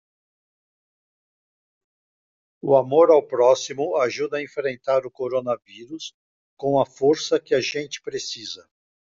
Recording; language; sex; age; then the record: spoken sentence; Brazilian Portuguese; male; 60 to 69 years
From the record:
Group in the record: control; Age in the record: 66 years